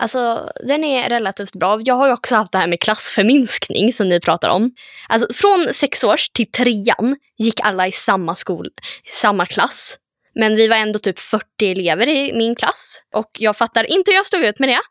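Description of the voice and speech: A young female voice speaks Swedish fluently and conversationally, with clear articulation, natural rising and falling pitch and ordinary short pauses between phrases. No repeats, blocks or slurring are heard. This is typical, ordinary speech.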